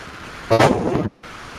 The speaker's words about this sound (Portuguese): Mas pai, eu vou ter que tirar você, porque do jeito que tá essa chuva aí, meu filho.